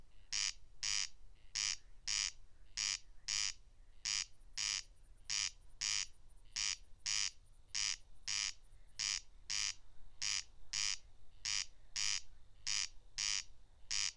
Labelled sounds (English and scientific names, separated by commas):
Corn Crake (Crex crex) song